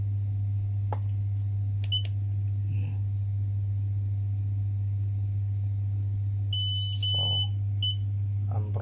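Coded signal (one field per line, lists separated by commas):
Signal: beep code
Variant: Xiaomi M365 scooter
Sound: two long high beeps close together, then one short beep, over steady hum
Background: low electrical hum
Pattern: 2 long, 1 short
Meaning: Error code 21, battery communication error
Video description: how to fix Mi 365 Scooter error code 21 Battery Communication error, 2long beeps and 1 short beep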